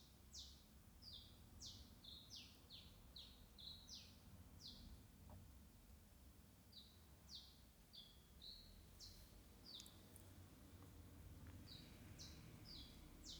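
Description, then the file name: Soft, high-pitched bird song of short descending whistles in rapid series, pausing briefly, over a steady low rumble. "Pajaritos"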